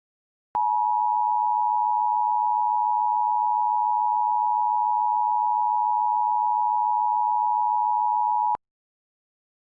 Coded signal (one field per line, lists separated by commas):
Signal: Emergency Alert System (SAME) tones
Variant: 853 and 960 Hz attention tone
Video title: EAS Scenario - Stellar Sun Collision (VALID TONES & LOUD NOISES)